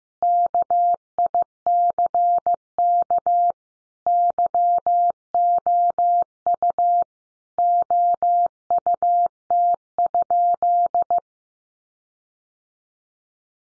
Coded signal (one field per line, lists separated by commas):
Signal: Morse code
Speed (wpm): 15 wpm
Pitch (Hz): 700 Hz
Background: none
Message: KICK YOU OUT?